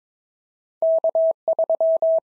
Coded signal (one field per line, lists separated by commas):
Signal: Morse code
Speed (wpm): 22 wpm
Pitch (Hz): 650 Hz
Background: none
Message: K3